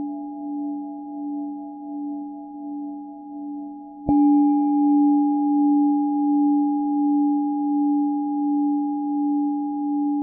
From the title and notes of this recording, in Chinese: 頌缽療癒 打坐冥想靜心。